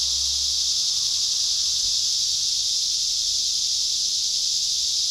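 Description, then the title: Cicada chorus, a continuous shrill buzz without pause, with a faint low hum in the background. Recorded at Trinity. "neoscenes: cicadas at Trinity"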